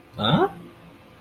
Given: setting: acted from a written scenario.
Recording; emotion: vocal sound without words; confusion